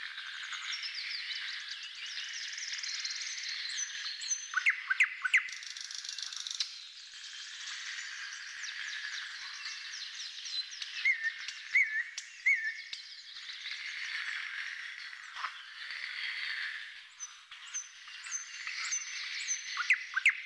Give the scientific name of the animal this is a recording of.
Luscinia luscinia